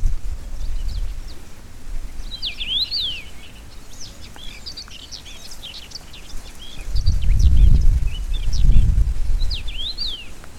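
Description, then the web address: Common rosefinch giving brief whistled, up-and-down slurred phrases with scattered chirps between, and gusts of low wind noise late. Recorded in Brandenburg in 2012. "Brandenburg 2012 Roodmus"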